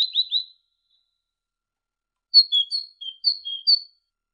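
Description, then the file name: Great tit song: short whistled notes, then after a pause a phrase of high-low note pairs repeated several times. Training ('masteran') recording for songbirds. "suara masteran great tit"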